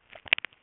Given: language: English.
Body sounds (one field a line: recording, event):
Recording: throat vibration sensor signal played as sound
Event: swallow